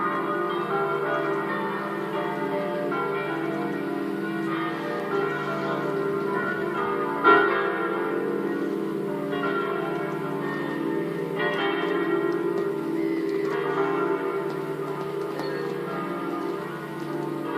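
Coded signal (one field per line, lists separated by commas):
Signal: bell signal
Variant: Italian swung church bells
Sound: several large church bells swinging and ringing continuously, overlapping, with rich lingering tones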